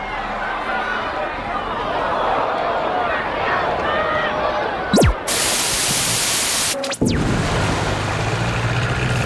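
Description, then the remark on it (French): Gentle waves lap in a steady wash of water while the low engine of an approaching inflatable boat drones underneath, its hum becoming clearer toward the end as the boat comes ashore, broken by a couple of brief harsh noise bursts. “Dans le clapotis tranquille des vagues, un bruit de moteur se distingue et se fait de plus en plus proche.”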